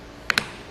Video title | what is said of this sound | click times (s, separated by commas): etrailer - Fit Check: Yakima RidgeLine Roof Rack for Flush Rails on a 2017 Ford Escape | going to hear a little bit of a snap once you put that into place | 0.3 s, 0.4 s